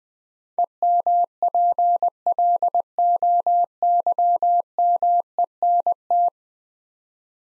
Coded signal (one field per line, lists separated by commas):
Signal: Morse code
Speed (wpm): 20 wpm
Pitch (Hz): 700 Hz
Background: none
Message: EMPLOYMENT